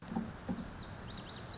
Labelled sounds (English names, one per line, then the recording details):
Lazuli Bunting
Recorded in Sonoma County, California